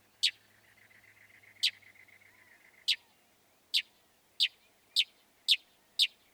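Northern mockingbird giving sharp, dry chips spaced at uneven intervals, with a faint, low hum early on.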